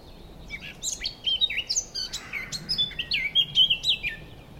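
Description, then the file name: Eurasian blackcap giving a rapid series of high, varied chirps and short warbled notes, with brief pauses between bursts. "Sylvia atricapilla"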